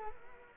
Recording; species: mosquito wingbeat signal from an infrared sensor; Culex quinquefasciatus